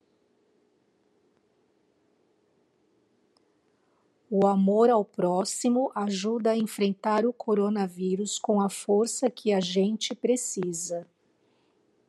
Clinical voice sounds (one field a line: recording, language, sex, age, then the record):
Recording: spoken sentence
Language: Brazilian Portuguese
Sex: female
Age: 50 to 59 years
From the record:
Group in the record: control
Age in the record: 57 years